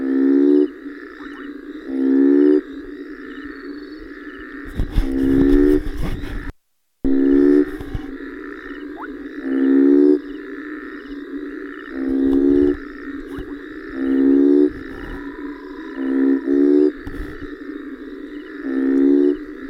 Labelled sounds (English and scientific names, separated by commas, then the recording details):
African Split-skin Toad (Schismaderma carens) call
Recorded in the wild
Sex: male
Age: adult
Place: Hoedspruit, Marepe Lodge, ZA
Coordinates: -24.45, 30.84
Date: 1995-01-25
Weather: 19,5°C
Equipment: Sony TCD-D3, Sennheiser ME 80, K 30 AV
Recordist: Gutsche, Alexander